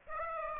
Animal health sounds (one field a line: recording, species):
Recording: mosquito wingbeat signal from an infrared sensor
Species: Aedes aegypti